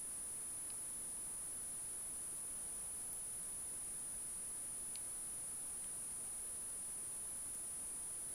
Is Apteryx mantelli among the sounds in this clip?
no